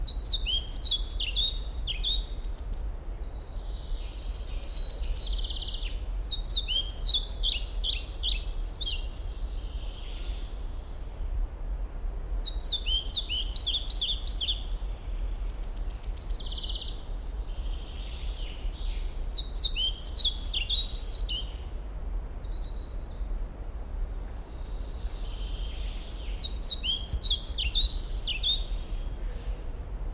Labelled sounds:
European Pied Flycatcher

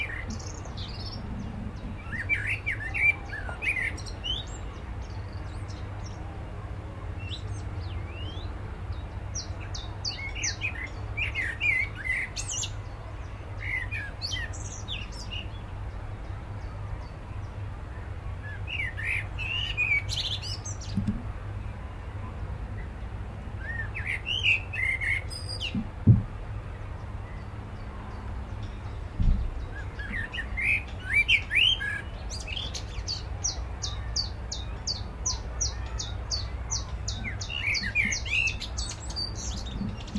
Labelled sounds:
Willow Warbler

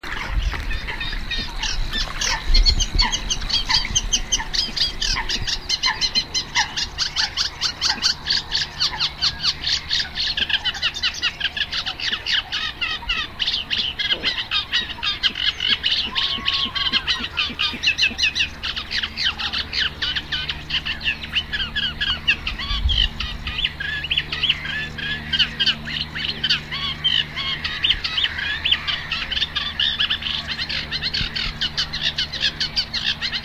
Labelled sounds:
Eurasian Reed Warbler song

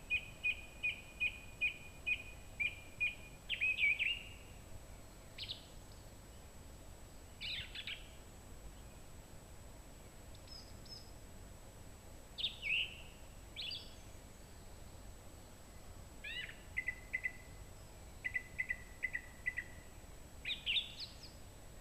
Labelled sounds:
Song Thrush song

